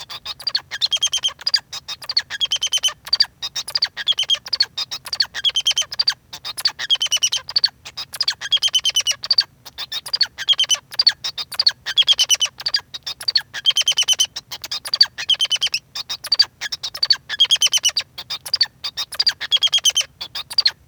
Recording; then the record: song of a male Bengalese finch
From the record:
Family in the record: son of father 2